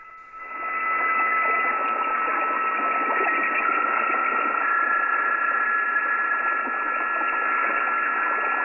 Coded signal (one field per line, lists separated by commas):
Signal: PSK31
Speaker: note the example of his backs spacing to correct a typo